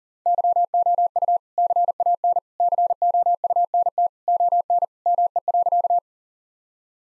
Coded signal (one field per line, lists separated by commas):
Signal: Morse code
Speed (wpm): 40 wpm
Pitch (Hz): 700 Hz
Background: none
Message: YOU CAN COUNT ON ME.